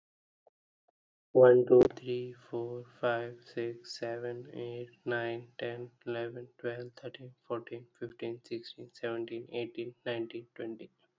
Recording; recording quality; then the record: counting at a normal pace; excellent, no background noise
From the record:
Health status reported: healthy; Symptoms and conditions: none ticked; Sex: male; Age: 25 years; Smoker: not ticked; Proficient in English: yes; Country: India